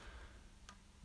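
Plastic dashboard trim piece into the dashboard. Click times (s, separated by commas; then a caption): 0.7 s. A broken plastic dashboard trim piece from the former ashtray area of a 1979 Camaro Z28 is pressed into its spot in the dashboard. A sharp, bright click at 0.7 s marks it popping into place over a low background hum. It holds briefly but seems to come loose straight after.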